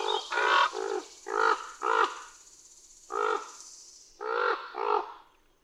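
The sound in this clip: Common raven giving a quick series of hoarse, knocking croaks, then a pause and a few more.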